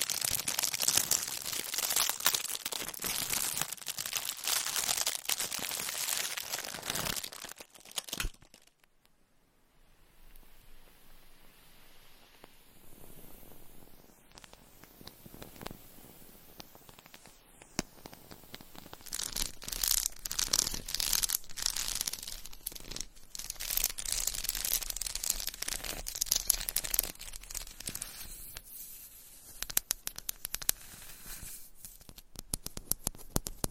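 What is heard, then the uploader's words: Long fingernails scratch and tap across textured candles, making dense, bright, crackling scrapes. Around the ninth second the sound nearly stops for a few quiet moments with faint scattered taps, then the busy scratching builds back up and continues to the end. ASMR Candle Scratching and Tapping Textured Candles - Asmr No Talking for Sleep with Long Nails.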